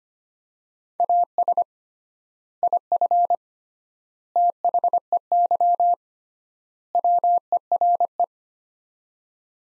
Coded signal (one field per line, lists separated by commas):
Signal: Morse code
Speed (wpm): 25 wpm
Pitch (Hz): 700 Hz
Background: none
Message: AS IF THEY WERE